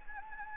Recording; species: mosquito wingbeat signal from an infrared sensor; Anopheles gambiae